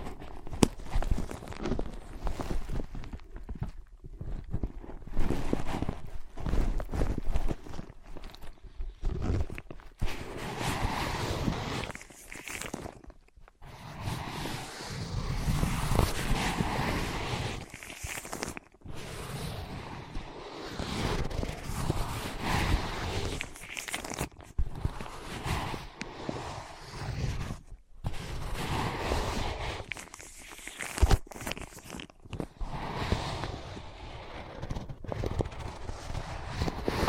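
Tapping, scratching and tracing on ear pads, with dense, uneven rubbing and scraping running almost continuously. Soft thuds and brushing strokes come in quick bursts, broken by brief silent gaps around 4, 13, 19, 25 and 28 seconds. The sound is mostly low and muffled, with occasional brighter scratchy edges.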